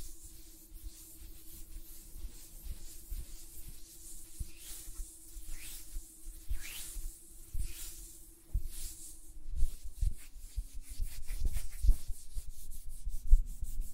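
Hand sounds with light tapping and finger fluttering: soft rubbing and brushing swells in waves through the first ten seconds over a steady low hum. After that the hum drops lower and quick, crisp taps come faster and louder toward the end.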